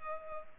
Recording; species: mosquito wingbeat signal from an infrared sensor; Culex pipiens